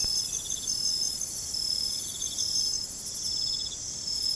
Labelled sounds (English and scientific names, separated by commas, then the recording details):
none
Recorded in secondary vegetation near Puerto Asís, Putumayo, Colombia, on 21 December 2024 at 01:30
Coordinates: 0.468, -76.324
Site G095